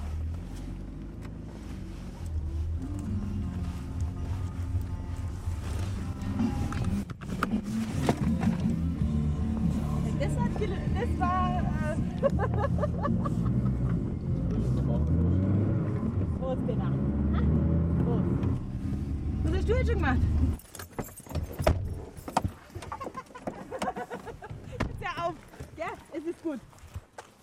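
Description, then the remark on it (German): A car engine runs with a steady, deep droning rumble for about twenty seconds, then drops away abruptly as it is switched off, leaving quieter scattered noises and voices. “Auto.”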